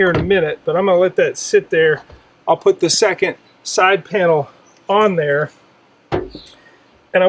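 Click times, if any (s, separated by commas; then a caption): 6.1 s. Someone talks while pushing the second plastic side panel of a tackle box onto the base's tongue-and-groove joint. A single sharp click is heard at 6.1 seconds as the panel snaps and seats into the base.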